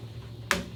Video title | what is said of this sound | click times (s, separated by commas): Installing Can Lights in Crawl Space Rehab | you hear a little click | 0.5 s